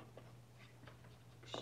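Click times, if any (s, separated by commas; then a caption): none. A cabinet door latch is pushed into the frame of a thrifted cabinet being painted, with the door repeatedly coming open against its latch. Light taps sound near 0.2, 0.9 and 1.4 seconds over a steady low hum, but the latch does not catch, and nothing has seated or clicked yet.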